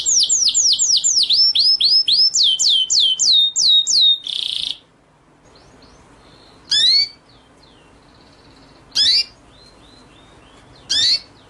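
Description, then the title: White-rumped shama song: a rapid series of clear, slurred whistles sweeping down and up, followed by a buzzy note and then single sharp whistled phrases every two seconds. Masteran (training) track of full song in ngerol (rolling) and nembak (shooting) style. "Masteran Murai Batu Full Ngerol Nembak"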